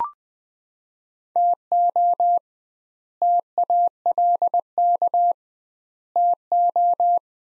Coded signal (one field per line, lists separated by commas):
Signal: Morse code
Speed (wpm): 20 wpm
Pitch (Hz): 700 Hz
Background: none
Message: TO TALK TO